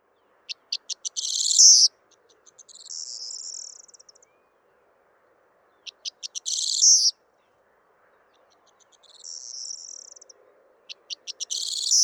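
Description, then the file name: Corn bunting song: a few dry ticks speeding up into a bright, jangling, buzzy flourish, repeated roughly every five seconds over a faint low hum. Song exchange between two rival birds, recorded 28 February 2020. "Corn-Bunting Song-between-two-rivals Alfes"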